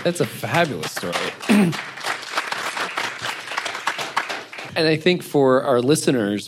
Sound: applause